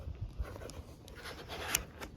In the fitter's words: right that's locked in and to extend the legs then you just pull that down